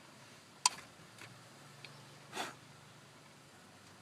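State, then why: Seated. A wiring harness connector is pushed onto the terminal of a replacement door speaker in a 1998–2001 Dodge Ram 1500 truck. A sharp, loud click at 0.7 s marks the connector seating, followed by a faint tick near 1.9 s and a soft, breathy rustle around 2.4 s. The connector is seated.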